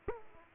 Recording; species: mosquito wingbeat signal from an infrared sensor; Aedes aegypti